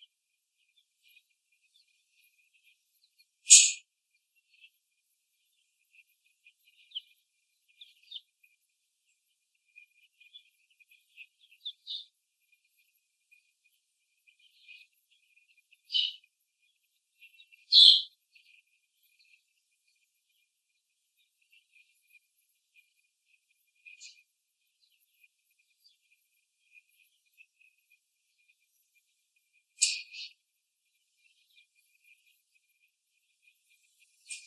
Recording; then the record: young laying hens in a cage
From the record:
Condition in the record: after the stressor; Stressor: simulated dog barking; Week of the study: 3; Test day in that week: 2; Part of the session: 4